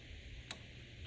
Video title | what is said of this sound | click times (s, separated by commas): Transmission Mount Install BMW E46 M3 | I feel like it will. It should. Yeah, that one snapped in. | 0.5 s